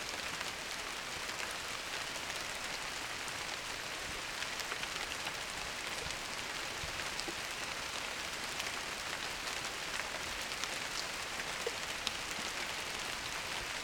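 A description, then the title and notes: Gentle rain falls steadily, a dense, even hiss of countless drops with no pauses or swells. The sound sits bright, with small individual drop taps scattered through it and a faint low rumble underneath. Gentle Rain Sounds. In this episode, you will hear gentle rain .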